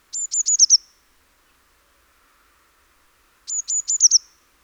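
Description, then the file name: Eurasian blue tit song, two phrases of high piping notes ending in a rapid trill, separated by about three seconds of quiet. "Cyanistes caeruleus"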